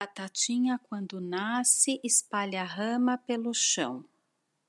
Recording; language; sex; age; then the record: short text; Brazilian Portuguese; female; 50 to 59 years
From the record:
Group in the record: control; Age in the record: 52 years